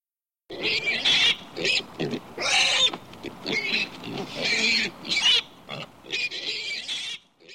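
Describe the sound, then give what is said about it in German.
A sow and her piglets squeal and grunt in a busy, overlapping chorus, with repeated high-pitched shrieks bursting out in irregular clusters over lower snorting, loud and continuous throughout. “Da läuft auch eine Sau herein mit ihren Ferkeln. Man hört sie quieken.”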